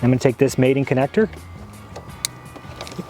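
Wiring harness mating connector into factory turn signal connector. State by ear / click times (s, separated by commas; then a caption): seated / 2.2 s. Someone talks for the first second or so while a wiring harness mating connector from a Starkey Products hood-mounted turn signal kit for a 2018-2023 Mustang is pushed into the factory turn-signal harness connector on the driver's side. After the talking stops there is a low hum with a few faint ticks, then one sharp, loud click at 2.3 s as the connector seats into place.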